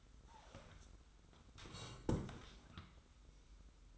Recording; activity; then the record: daily activity, microphone in the room; sit down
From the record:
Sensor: 3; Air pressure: 990.4 hPa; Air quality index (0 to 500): 171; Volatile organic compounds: 1000 ppm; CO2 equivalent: 5551 ppm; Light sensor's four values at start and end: 42/99/41/39 and 42/99/41/39